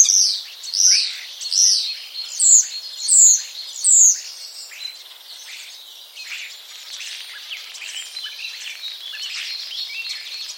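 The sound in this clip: Common starling giving loud, high whistled notes repeated about every 0.7 seconds, followed by a softer, busy run of rattling and chattering sounds.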